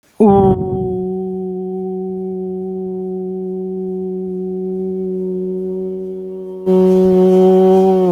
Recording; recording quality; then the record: sustained vowel as in boot; excellent, no background noise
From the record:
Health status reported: healthy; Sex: male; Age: 35 years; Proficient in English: yes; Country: India